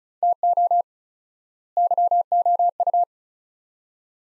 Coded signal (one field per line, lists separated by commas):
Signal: Morse code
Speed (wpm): 34 wpm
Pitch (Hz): 700 Hz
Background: none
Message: TO YOU